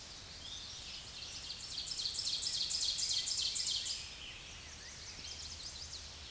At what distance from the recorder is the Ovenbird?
about 40 m